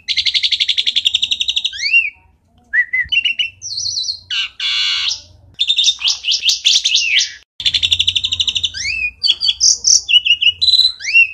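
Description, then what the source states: Asian pied starling song: fast buzzy trills of repeated notes alternating with short rising whistles and sharp chirps, in quick bursts with brief pauses. Bird singing actively ('gacor'), used as tutor audio for training cage birds.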